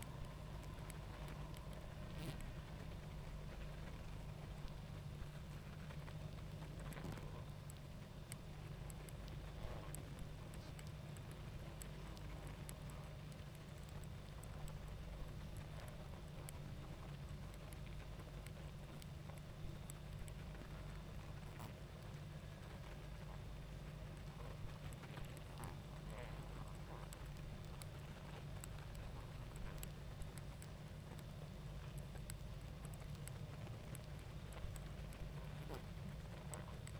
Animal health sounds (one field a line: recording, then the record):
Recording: honeybee colony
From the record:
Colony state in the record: active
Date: 28 July 2017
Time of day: 20:48